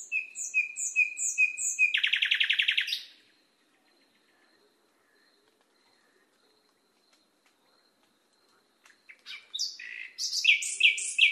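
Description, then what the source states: Nightingale song: repeated high whistles and a fast pulsing trill, then several seconds of silence before a new burst of varied whistled phrases. Masteran recording, a song recording used to train cage birds.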